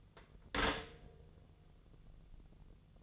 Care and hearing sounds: daily activity, microphone in the room; stop toaster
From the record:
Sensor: 4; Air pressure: 1001.1 hPa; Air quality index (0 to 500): 164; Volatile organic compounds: 2 ppm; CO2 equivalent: 1191 ppm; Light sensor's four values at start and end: 18/40/17/17 and 19/43/18/18

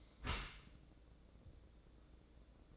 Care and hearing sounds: daily activity, microphone in the room; close dishwasher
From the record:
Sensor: 3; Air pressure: 1012.3 hPa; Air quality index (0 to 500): 158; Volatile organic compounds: 2 ppm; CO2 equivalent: 1210 ppm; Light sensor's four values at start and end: 466/1142/469/460 and 463/1136/467/457

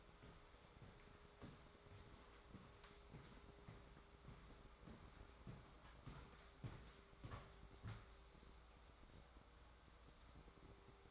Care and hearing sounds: daily activity, microphone in the room; walk to room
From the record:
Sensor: 3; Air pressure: 1010.4 hPa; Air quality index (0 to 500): 165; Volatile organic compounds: 9 ppm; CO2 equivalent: 2165 ppm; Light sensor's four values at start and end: 44/108/48/54 and 44/109/48/54

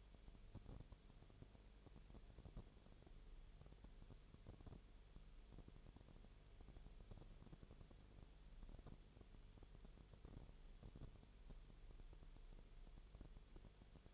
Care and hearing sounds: daily activity, microphone in the room; no activity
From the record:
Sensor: 4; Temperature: 22.3 degrees Celsius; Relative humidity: 30.9%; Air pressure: 1004.1 hPa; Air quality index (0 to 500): 86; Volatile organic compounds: 1 ppm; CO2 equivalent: 777 ppm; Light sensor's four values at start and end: 2/3/1/1 and 2/3/1/1

